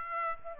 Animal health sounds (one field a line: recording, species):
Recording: mosquito wingbeat signal from an infrared sensor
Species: Aedes aegypti